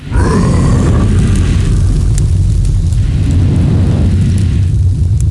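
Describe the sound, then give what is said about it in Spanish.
A loud, steady roar of fire, a deep rumbling whoosh that holds constant for several seconds with a crackling, turbulent texture throughout. “¿Rugir como tigre?”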